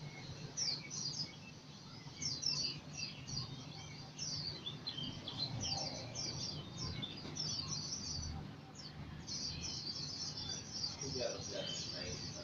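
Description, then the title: White-eye singing: steady high, twittering chatter of short, thin notes running through the whole stretch, with soft low background noise. East Java, Indonesia; singing style described as 'macok'. "Pleci jatim macok kang asep"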